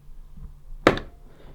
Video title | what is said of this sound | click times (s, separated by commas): How to CLEAN Nozzle Bosch Tassimo Joy Piercing Unit Stop Blockage Fix Leak / Flow - Beginners guide | and it clicks into place nicely. | 0.9 s